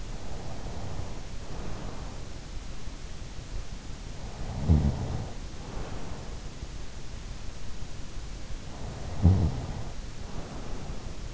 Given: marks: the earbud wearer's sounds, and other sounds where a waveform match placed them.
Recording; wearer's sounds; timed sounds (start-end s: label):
sounds in sleep by an in-ear microphone; snoring breath
0.00-2.66 s: snoring breath
4.39-6.77 s: snoring breath
8.94-11.34 s: snoring breath